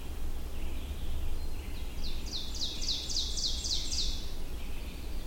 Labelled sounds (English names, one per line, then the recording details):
Ovenbird song
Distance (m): 35 m
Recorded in boreal forest in Alberta, Canada, on 22 June 2016 at 08:58
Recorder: SongMeter 3, array SBT-6-76
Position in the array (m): 146 m, 113 m
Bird 3